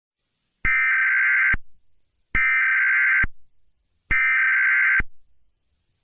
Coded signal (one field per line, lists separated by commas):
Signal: Emergency Alert System (SAME) tones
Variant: header bursts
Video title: The Birth of the Blood Moon Hero: An EAS Scenario with a Twist of Comedy (Read in Description)